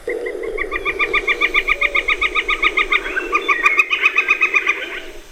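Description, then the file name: Flicker giving a fast series of even, repeated notes, about four per second, running steadily for several seconds over a constant low hum. Recorded October 2008. "Nature A 2008-10 Flickers"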